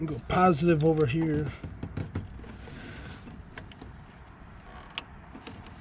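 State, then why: Seated. Someone talks while the plug of an LED headlight bulb is lined up for positive and negative orientation and pushed into the headlight wiring harness connector of a 2015 GMC Denali truck. Faint handling and rustling sounds follow, then a sharp click at 5.0 s as the connector seats.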